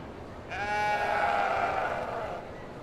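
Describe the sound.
Sheep giving one long, harmonic, wavering bleat lasting about two seconds, fading away at the end.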